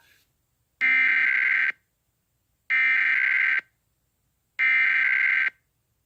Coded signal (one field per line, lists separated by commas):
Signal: Emergency Alert System (SAME) tones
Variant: header bursts